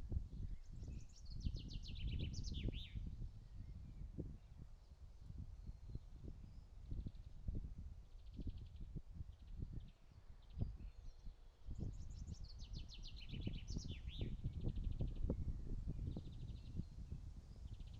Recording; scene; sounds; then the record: everyday scene through a hearing-aid microphone; wind on the microphone; wind, birds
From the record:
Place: in front of a rural house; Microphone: in the ear canal, right